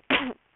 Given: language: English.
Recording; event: throat vibration sensor signal played as sound; cough